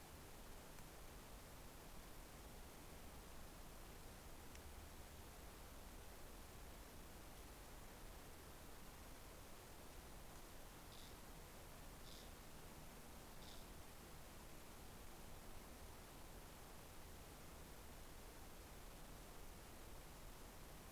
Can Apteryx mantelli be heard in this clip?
no